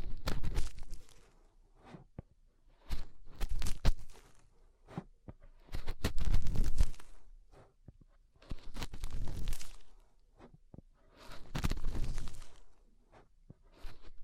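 Fingers cleaning inside an ear make bursts of rough, crackling rubbing with deep muffled thumps underneath. The bursts come in clusters of one to two seconds, around 1, 4, 6–7, 9, and 12 seconds, separated by near silence with occasional sharp clicks.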